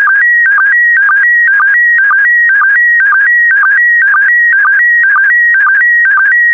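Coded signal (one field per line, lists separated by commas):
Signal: SSTV (slow-scan television)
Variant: PD120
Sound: warbling electronic tone shifting in pitch, with a short low blip about twice a second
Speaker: complete you can now check your decoded image against the picture that is shown on the video that concludes the daily transmission of slow scan tv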